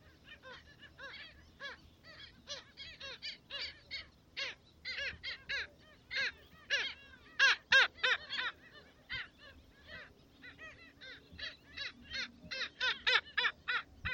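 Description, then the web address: Black skimmer calls: many short, nasal, barking yelps in rapid, uneven overlapping bursts, over a low steady hum. "Black skimmer. صدای-پرنده-آب-شکاف-سیاه"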